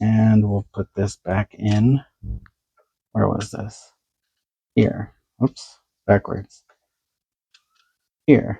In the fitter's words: okay it doesn't seem to snap in place and I really don't want to break it